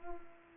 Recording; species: mosquito wingbeat signal from an infrared sensor; Culex pipiens